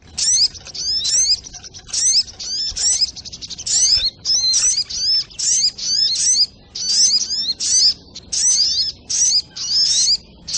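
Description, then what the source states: Spiderhunter song: rapid high chattering bursts packed with squeaky upslurred whistles, repeated steadily with brief pauses through the whole stretch. Training song (masteran) of the bird called sogok ontong, in the style named Labaik.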